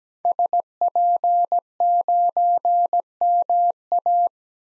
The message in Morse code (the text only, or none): SP9MA